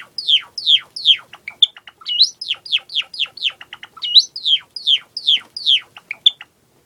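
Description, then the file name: Java sparrow song, a quick continuous series of clicking notes and bell-like descending chirps, interspersed with short rising whistles, steady and lively throughout. Singing while walking about. "risovyi amadin poet i gulyaet"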